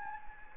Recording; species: mosquito wingbeat signal from an infrared sensor; Anopheles gambiae